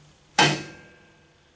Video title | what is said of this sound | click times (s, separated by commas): JOHN DEERE A CLUTCH FIX | and that means she is snapped in place she snapped in place so she doesn't just | 0.4 s